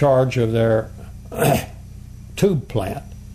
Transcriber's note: clears throat